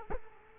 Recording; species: mosquito wingbeat signal from an infrared sensor; Culex quinquefasciatus